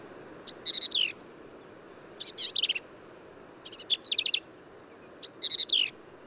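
Black-capped Vireo song: four phrases of high, jumbled squeaky notes, spaced about one and a half seconds apart, soft hiss behind.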